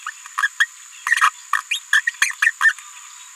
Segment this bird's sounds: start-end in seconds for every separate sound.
0.06-0.10, 0.42-0.48, 0.60-0.66, 1.06-1.16, 1.21-1.30, 1.71-1.79, 1.93-2.01, 2.07-2.10, 2.22-2.31, 2.42-2.51, 2.61-2.73